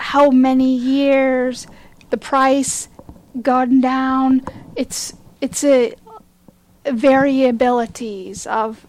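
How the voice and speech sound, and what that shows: Halting speech from an adult woman who survived a stroke, with repeated "it's", long pauses and ungrammatical word choice, typical of aphasia after stroke.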